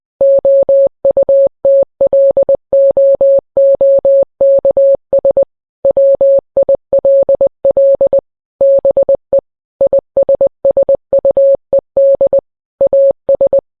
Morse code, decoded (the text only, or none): OUTLOOKS WILL BE ISSUED AS